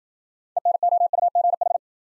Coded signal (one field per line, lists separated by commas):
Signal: Morse code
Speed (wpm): 53 wpm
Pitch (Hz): 700 Hz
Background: none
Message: ENOUGH